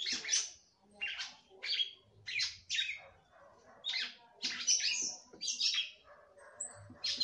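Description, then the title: Red-cowled cardinal singing short, separate high chirpy phrases with brief pauses between them. "Galo De Campina"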